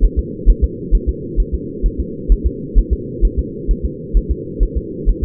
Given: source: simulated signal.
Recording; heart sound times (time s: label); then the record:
fetal heart sounds
0.04 s: S1
0.19 s: S2
0.50 s: S1
0.64 s: S2
0.95 s: S1
1.09 s: S2
1.40 s: S1
1.54 s: S2
1.86 s: S1
2.00 s: S2
2.32 s: S1
2.47 s: S2
2.79 s: S1
2.93 s: S2
3.25 s: S1
3.39 s: S2
3.71 s: S1
3.85 s: S2
4.17 s: S1
4.31 s: S2
4.63 s: S1
4.77 s: S2
5.09 s: S1
5.24 s: S2
From the record:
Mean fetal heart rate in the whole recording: 130 bpm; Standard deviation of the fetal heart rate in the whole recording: 2 bpm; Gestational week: 36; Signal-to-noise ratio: -4.1 dB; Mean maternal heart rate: no maternal heart sound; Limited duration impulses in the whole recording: absent